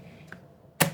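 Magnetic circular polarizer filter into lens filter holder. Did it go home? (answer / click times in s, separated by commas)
yes / 0.8 s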